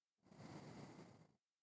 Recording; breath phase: one breath near a microphone; exhalation